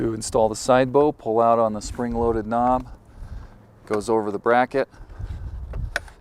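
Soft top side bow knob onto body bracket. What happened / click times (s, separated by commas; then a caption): The spring-loaded knob snapped onto its bracket / 6.0 s. Someone talks while fitting the side bow of a Bestop Trektop soft top on a 2-door Jeep JK Wrangler, pulling out the spring-loaded knob and passing it over the body bracket. After a quieter stretch with faint handling noise, the bow snaps into place with one sharp click at 6.0 s, framed by two softer ticks just before and after, and it is seated.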